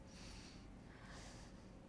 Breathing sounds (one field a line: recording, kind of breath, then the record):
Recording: one breath in and out by a microphone near the nose and mouth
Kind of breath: deep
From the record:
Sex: male